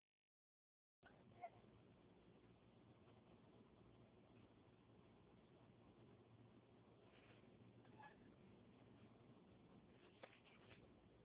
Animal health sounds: mosquito flight sound by mobile phone; Anopheles gambiae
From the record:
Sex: male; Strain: Kisumu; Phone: Huawei 866C

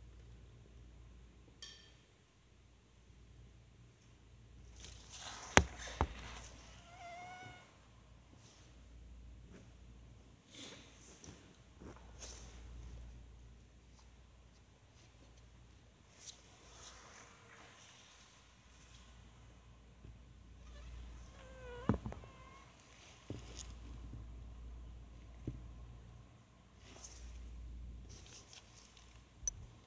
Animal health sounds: mosquito flight sound by mobile phone; Anopheles dirus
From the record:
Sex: mixed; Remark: in a cage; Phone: Sony Xperia

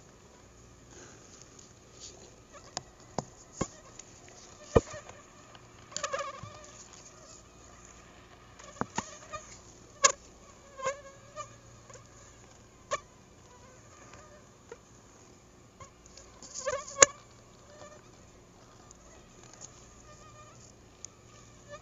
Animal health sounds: mosquito flight sound by mobile phone; Anopheles gambiae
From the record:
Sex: female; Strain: Akron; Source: CDC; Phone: Google Nexus

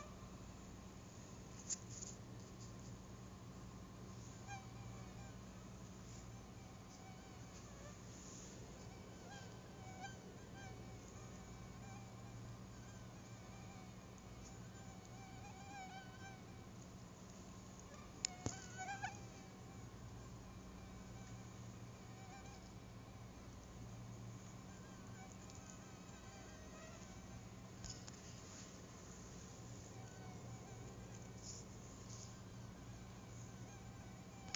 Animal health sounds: mosquito flight sound by mobile phone; Anopheles stephensi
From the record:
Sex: female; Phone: Google Nexus

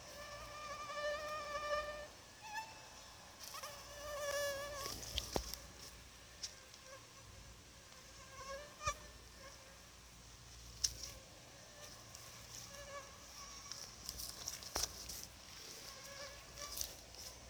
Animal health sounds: mosquito flight sound by mobile phone; Anopheles gambiae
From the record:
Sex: female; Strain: RSP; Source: CDC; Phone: Sony Xperia

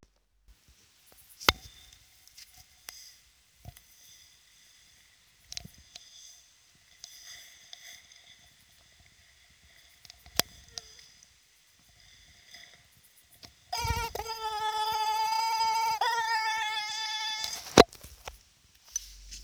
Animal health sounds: mosquito flight sound by mobile phone; Aedes sierrensis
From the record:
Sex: female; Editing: field recording with all noises

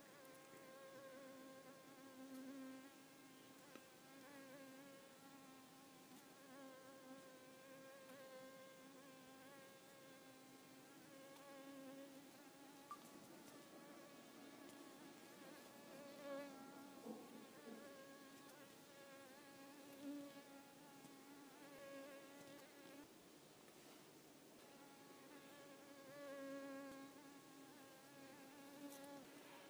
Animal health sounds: mosquito flight sound by mobile phone; Culiseta incidens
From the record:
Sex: female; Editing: snipped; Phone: iPhone 4S

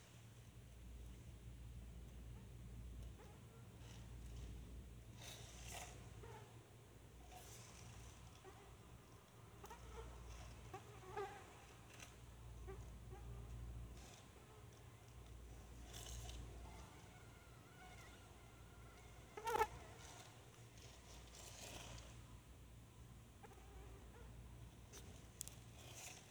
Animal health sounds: mosquito flight sound by mobile phone; Anopheles freeborni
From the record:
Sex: female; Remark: in a cage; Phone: Sony Xperia

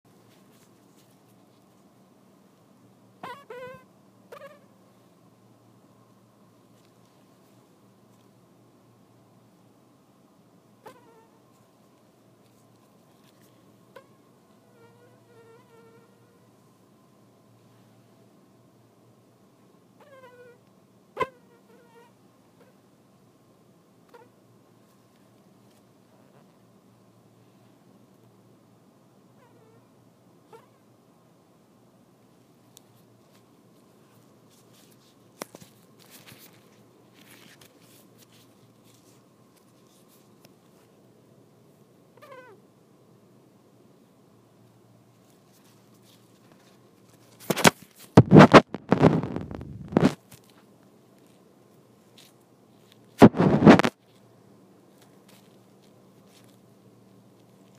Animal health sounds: mosquito flight sound by mobile phone; Anopheles dirus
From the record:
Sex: female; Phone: iPhone 6

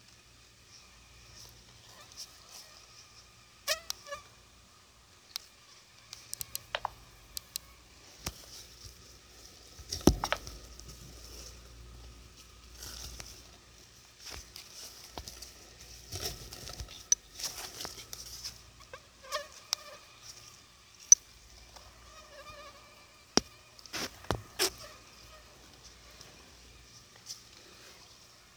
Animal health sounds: mosquito flight sound by mobile phone; Anopheles gambiae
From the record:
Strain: Akron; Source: CDC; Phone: Sony Xperia

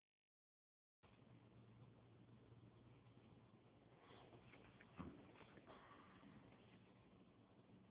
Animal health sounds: mobile phone recording; none (background)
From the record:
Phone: Huawei 866C

